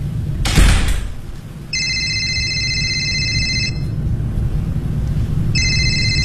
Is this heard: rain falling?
no